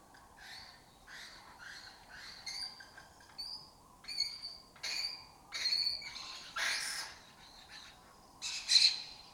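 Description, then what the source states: Lesser kestrels calling in a steady run of short, nasal, raspy notes, ending in a louder, harsh screech. Breeding colony in an abandoned building complex in Doñana, southern Europe; migratory raptor that forages in West Africa.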